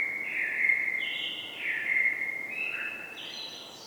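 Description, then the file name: Common blackbird singing a fluted, warbling phrase of low mellow notes that steps upward into a higher, thinner twitter near the end. "Turdus merula"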